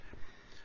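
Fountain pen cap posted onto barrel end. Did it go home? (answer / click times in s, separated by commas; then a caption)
no / none. A plastic fountain pen cap, a Hero 360, is posted deeply and securely onto the shaped end of the barrel, giving a short, soft rub of plastic on plastic with no sharp transient. Nothing has clicked; the cap does not seat into the shape at the barrel end.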